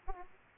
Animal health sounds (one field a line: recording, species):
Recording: mosquito wingbeat signal from an infrared sensor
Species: Aedes aegypti